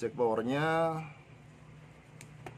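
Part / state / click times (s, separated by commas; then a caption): plastic power wire connector into its socket on the amplifier circuit board / seated / 2.2 s, 2.5 s. Someone talks, then a plastic power wire connector is pushed into its socket on a PAM 8610 mini power amplifier circuit board, with sharp clicks at 2.2 s and 2.5 s. The connector seats home, joining the red wire to the red.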